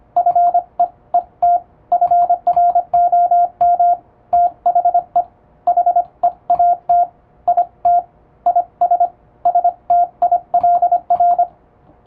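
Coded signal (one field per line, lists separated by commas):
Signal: Morse code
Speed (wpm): 25 wpm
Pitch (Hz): 700 Hz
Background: radio noise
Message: FEET FROM THE HEAT IT IS STILR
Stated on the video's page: English Morse sent at high speed with an electronic keyer by a first-class radiotelegraph operator for practice, using typing-test texts.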